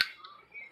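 A plastic wheel piece is pressed into the body of a Transformers Legacy Deluxe Class Crankcase toy. It gives a sharp snap at 0.0 s, followed by a fainter tick around 0.3 s and a quiet tail. The wheel seats properly and clicks into place, unlike another wheel on the toy that would not click in.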